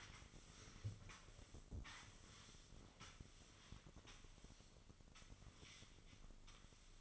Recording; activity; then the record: daily activity, microphone in the room; sweep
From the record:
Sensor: 4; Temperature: 27.1 degrees Celsius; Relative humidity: 35.2%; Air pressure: 1003.9 hPa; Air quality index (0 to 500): 149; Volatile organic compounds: 2 ppm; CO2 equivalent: 1064 ppm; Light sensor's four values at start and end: 16/39/16/17 and 16/37/15/16